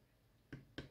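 A ribbon/board connector is pushed into the motherboard socket of a DJI Mini 2 / Air 2 drone remote controller during reassembly after the motherboard is put back. Two sharp snaps are heard at 0.5 s and 0.8 s over a quiet background, and the connector is seated.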